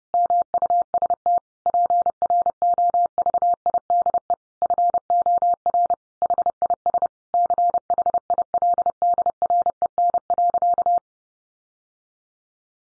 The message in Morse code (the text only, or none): MUST PROVIDE FOR HIS CHILDREN.